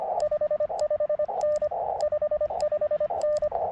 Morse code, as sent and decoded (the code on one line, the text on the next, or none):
..... ..... -. / ..... ..... -.
55N 55N